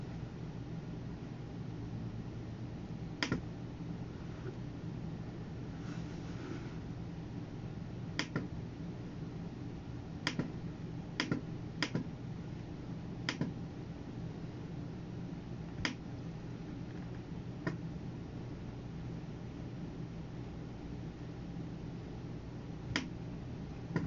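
Sounds of someone working at a computer: sharp, isolated clicks, like keys or a mouse, land every second or few seconds, sometimes in quick pairs around ten to twelve seconds. Beneath them runs a steady low hum that never changes.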